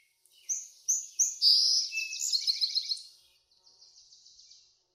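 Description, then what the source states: Bird song opening with three sharp chirps, then a loud rapid trill and a softer high rattle. Birds in a backyard; ambient nature sounds.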